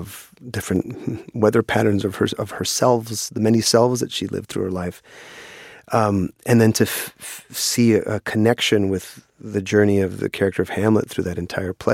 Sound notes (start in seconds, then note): none